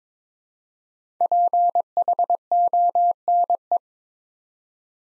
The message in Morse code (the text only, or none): PHONE